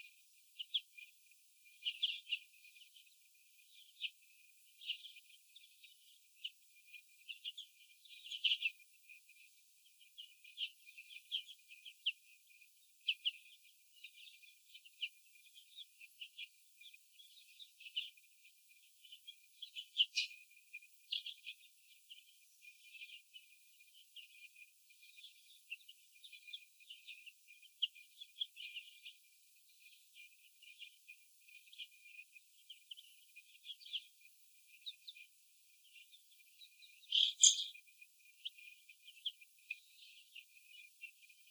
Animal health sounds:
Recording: young laying hens in a cage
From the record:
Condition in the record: before the stressor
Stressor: sudden umbrella opening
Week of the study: 2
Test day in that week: 1

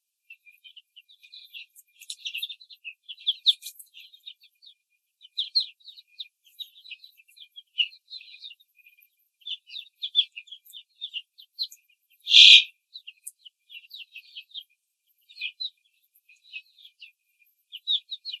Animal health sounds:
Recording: young laying hens in a cage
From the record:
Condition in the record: control cage, before the stress test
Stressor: none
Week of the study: 4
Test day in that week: 3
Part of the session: 3

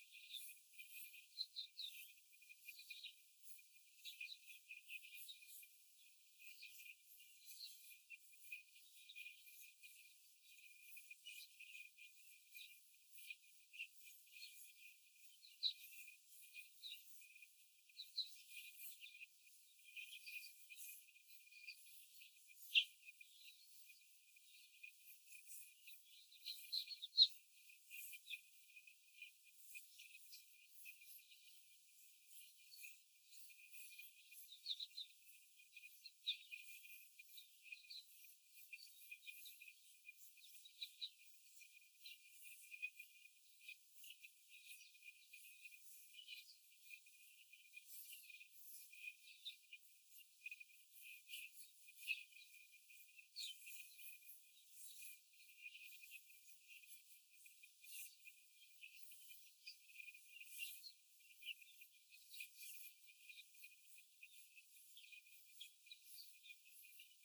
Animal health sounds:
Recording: young laying hens in a cage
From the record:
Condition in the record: after the stressor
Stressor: simulated dog barking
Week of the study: 4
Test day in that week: 1

